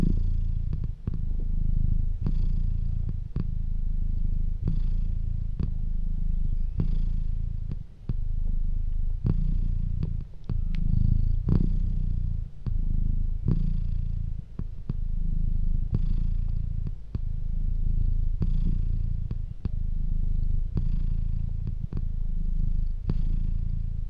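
A cat purrs in a deep, continuous rumble, pulsing regularly with each breath, with faint soft clicks and rustles throughout.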